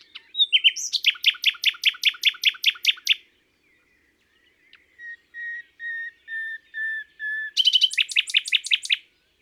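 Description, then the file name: Common nightingale song: a fast run of sharp repeated notes, a pause, then slow swelling whistled notes about every half second, ending in another rapid burst. "Rossignol philomele"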